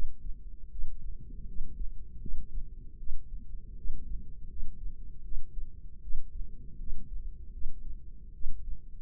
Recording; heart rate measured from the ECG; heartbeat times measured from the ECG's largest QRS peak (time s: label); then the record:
heart sounds by microphone in the left ear; 79 bpm
0.70 s: heartbeat
1.46 s: heartbeat
2.19 s: heartbeat
2.97 s: heartbeat
3.75 s: heartbeat
4.48 s: heartbeat
5.23 s: heartbeat
6.01 s: heartbeat
6.78 s: heartbeat
7.51 s: heartbeat
8.32 s: heartbeat
From the record:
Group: healthy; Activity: cold pressor test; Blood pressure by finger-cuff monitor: 133/73 mmHg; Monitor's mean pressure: 93 mmHg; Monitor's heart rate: 78 bpm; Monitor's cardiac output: 7.3 L/min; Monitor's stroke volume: 92 mL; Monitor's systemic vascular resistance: 940 dyn s/cm5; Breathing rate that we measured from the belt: 23 breaths a minute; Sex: female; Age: 22 years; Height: 154 cm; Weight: 58.7 kg